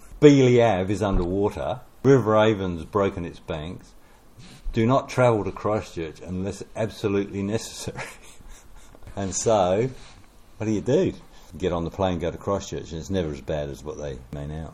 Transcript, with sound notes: Bealey Ave is under water – River Avon’s broken its banks – Do Not Travel to Christchurch unless absolutely necessary’. [Chuckle] And so what do you do? You get on the plane and go to Christchurch, and it’s never as bad as what they made out.